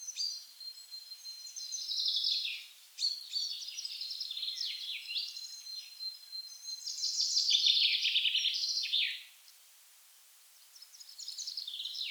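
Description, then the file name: Common chaffinch singing repeatedly, several descending trills of sharp notes with flourishes, a faint steady whistle in the background, short lulls between songs before another song starts. "Fringilla coelebs"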